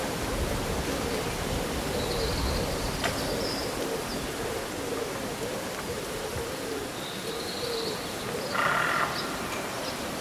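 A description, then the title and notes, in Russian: Leaves rustle in a steady, dense hiss while birds chirp high and thinly around two, seven and nine seconds. Прохладный летний день: Шелест листвы и пение птиц. Симфония шелеста листьев и мелодии местных птиц.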